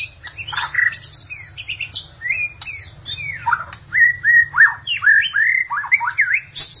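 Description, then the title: Magpie-robin or shama pouring out a fast, varied song: high squeaky notes early, then a string of clear rising and falling whistles, over a constant low hum. "Suara Burung Murai"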